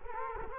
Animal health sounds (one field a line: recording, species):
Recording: mosquito wingbeat signal from an infrared sensor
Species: Culex quinquefasciatus